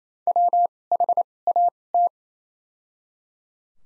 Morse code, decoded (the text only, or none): W H A T